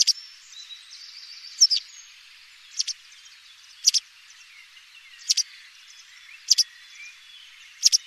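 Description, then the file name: White wagtail calls, crisp doubled 'chiz-ik' notes repeated roughly every one to one and a half seconds, over soft high background twittering. "Bergeronnette grise"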